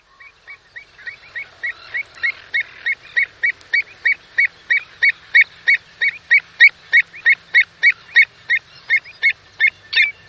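Pied avocet calling: a long run of liquid, yelping notes that starts faint and grows louder, about three per second.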